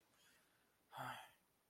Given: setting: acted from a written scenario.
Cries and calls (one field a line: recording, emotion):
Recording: vocal sound without words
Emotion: distress